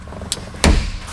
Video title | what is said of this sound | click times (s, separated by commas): The GTI Build Begins… (interior refresh) polo breaks down :( | This clip goes on, should make a nice click. | 0.3 s, 0.6 s